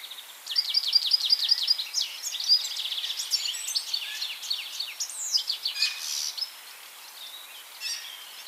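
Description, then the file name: European goldfinch song opening with a rapid row of bright repeated notes, then a liquid, jumbled twitter with slurred and buzzy phrases that fades out toward the end. "Carduelis carduelis"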